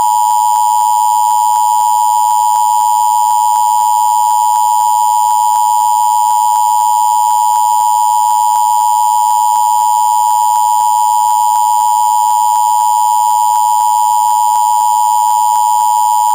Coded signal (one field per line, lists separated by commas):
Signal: Emergency Alert System (SAME) tones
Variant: 853 and 960 Hz attention tone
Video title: EAS Child Abduction Emergency Mock-Up